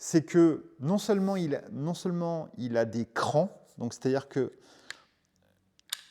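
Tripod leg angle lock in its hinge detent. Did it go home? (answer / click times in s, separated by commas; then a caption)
yes / 5.9 s. Someone talks, then opens the angle stop on the leg of a light, inexpensive photo tripod, which has notches. After a few soft ticks, the leg's angle lock snaps back into its notch in the hinge with a sharp click at 5.9 s, seating firmly.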